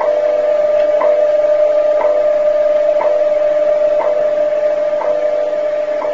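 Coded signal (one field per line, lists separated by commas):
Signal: radio time signal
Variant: WWV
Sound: steady mid-pitched tone with a short tick each second, six ticks, over hiss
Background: radio static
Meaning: Each tick marks one second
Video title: January 21, 1972 video of WWV time signal (shortwave radio)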